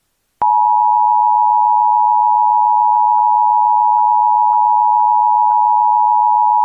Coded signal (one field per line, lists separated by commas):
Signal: Emergency Alert System (SAME) tones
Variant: 853 and 960 Hz attention tone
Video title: EAS | Child Abduction Emergency for Missing Teenager and Baby in Texas